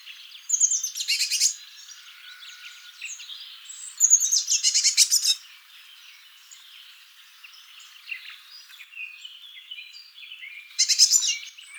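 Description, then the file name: Eurasian blue tit giving three bursts of fast, buzzy churring chatter, with faint softer chirps between the bouts. "Cyanistes caeruleus"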